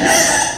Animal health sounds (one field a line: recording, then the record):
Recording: squeal of a Yucatan mini pig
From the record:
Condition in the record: before surgery on the right vocal fold (resection and tissue-engineered implant)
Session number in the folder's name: 3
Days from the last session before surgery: 0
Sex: female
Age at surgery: 19 weeks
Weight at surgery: 25 kg